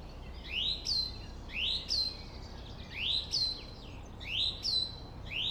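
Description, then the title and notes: Song thrush song, the same rising swooped whistle ending in a high clear note, repeated several times, with low traffic hum beneath. Singing in a Berlin cemetery, with distant city traffic noise; Sony PCM D50. "Friedhof Columbiadamm, Berlin - Song thrush. Song thrush (Singdrossel) singing, distant city. traffic noise"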